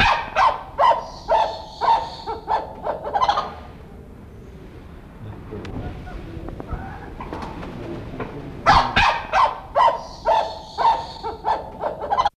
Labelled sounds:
Wattled Brushturkey (Aepypodius arfakianus) call
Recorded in captivity
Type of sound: call
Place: Wilhelma Stuttgart, Baden-Württemberg, DE
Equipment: Halbspur, 9,5 cm/s
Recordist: Lütgens, Hans
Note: Rufe

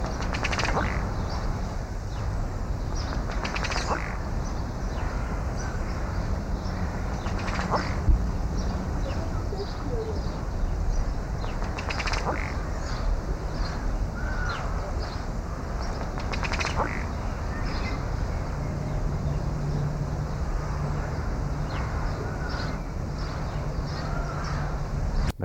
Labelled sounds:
Ruddy Duck (Oxyura jamaicensis)
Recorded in captivity
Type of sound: call, rattle call
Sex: male
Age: adult
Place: Münchner Tierpark Hellabrunn, Bayern, DE
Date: 1995-05-27 10:50
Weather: heiter 15-20°C
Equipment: Marantz CP 430, Sennheiser ME 80, Kopie Uher 4000 Report Monitor
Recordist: Tembrock, Günter
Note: Männchen: Lautfolgen mit Kopfbewegen

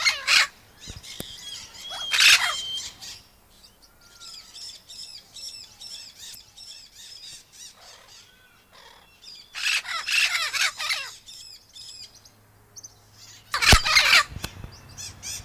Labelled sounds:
Vinaceous-breasted Amazon (Amazona vinacea) call
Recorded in captivity
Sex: pair
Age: adult
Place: Tiergarten Wilhelma/Stuttgart, Baden-Württemberg, DE
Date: 2000-09-22 18:47
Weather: bedeckt, 15°C
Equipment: Nagra SN, Kopie Uher 4000 Report Monitor
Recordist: Tembrock, Günter

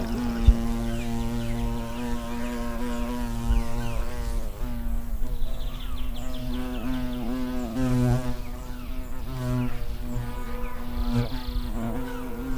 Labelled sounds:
Hornet (Vespa crabro) flight call
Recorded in the wild
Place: Niederspree, Niederspreer Teichgebiet, Sachsen, DE
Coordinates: 51.3939, 14.8722
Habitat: oak tree
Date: 2008-08-01
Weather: heiter, 20°C, windstill
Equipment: Fostex FR2-LE, Sennheiser ME66, Popschutz
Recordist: Frommolt, Karl-Heinz

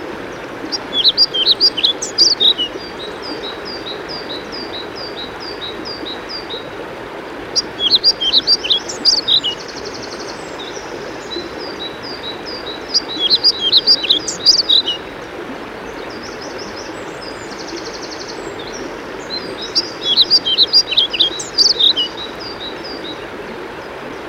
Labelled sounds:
European Pied Flycatcher (Ficedula hypoleuca)
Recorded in the wild
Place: Thale, Sachsen-Anhalt, DE
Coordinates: 51.731, 11.063
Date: 1978-05-07
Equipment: Nagra III BH, Sennheiser MD 21, parabola
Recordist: Schubert, Michael
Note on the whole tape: Gesang und Rufe Trauerschnäpper

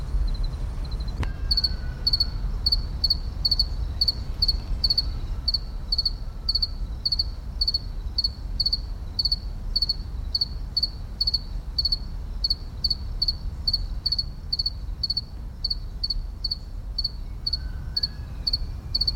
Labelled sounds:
House Cricket (Acheta domesticus) stridulation
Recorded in captivity
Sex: male
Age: imago
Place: Tiergarten Schönbrunn, AT
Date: 1994-09-28 17:30
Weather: bedeckt, 22°C
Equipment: Marantz CP 430, Sennheiser ME 80, Kopie Uher Variocord 263
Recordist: Tembrock, Günter

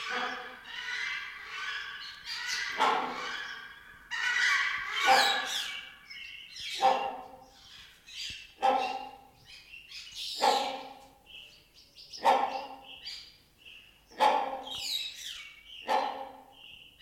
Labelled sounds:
Great Hornbill (Buceros bicornis)
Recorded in captivity
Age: adult
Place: Zoo Berlin, Berlin, DE
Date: 1992-04-04 10:21
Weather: bedeckt, 5-8°C
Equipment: Nagra SN, Mikrofon AKG CK 8, Kopie Tesla B 116
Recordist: Tembrock, Günter

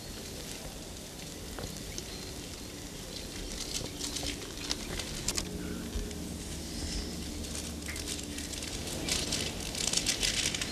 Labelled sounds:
Great Spotted Woodpecker (Dendrocopos major) drumming
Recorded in the wild
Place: Locarno, Tessin, CH
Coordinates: 46.1872, 8.7925
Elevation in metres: 1035
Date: 1978-03-10
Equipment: Uher 4000 Report
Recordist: Tretzel, Erwin

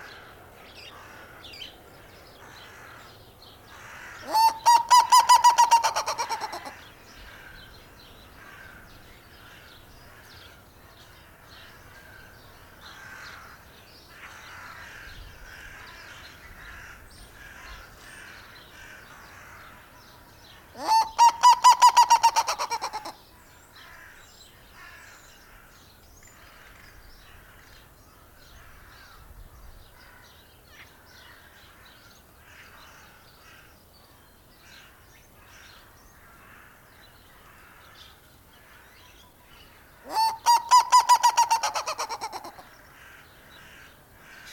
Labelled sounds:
Black-legged Seriema (Chunga burmeisteri) call
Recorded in captivity
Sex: male
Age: adult
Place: Zoo Berlin, Berlin, DE
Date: 1997-03-04 12:15
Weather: heiter, 10 bis 15°C
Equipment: Nagra SN, Kopie Uher 4000 Report Monitor
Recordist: Tembrock, Günter

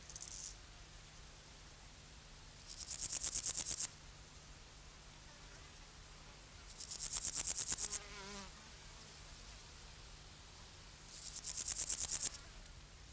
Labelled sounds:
Meadow Grasshopper (Chorthippus parallelus) stridulation
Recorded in the wild
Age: imago
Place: Treuchtlingen, Heumöderntal, Bayern, DE
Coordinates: 48.96, 10.91
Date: 1993-09-02 13:49
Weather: sonnig 18.8°C
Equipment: Marantz CP 430, Sennheiser MKH 416 T, Kopie Uher Variocord 263
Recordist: Tembrock, Günter

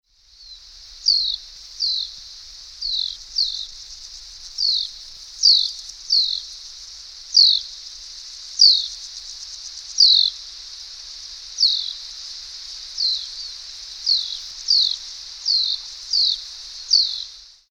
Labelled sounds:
Common House Martin (Delichon urbicum)
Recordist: Tembrock, Günter
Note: Flugrufe

